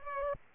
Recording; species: mosquito wingbeat signal from an infrared sensor; Culex pipiens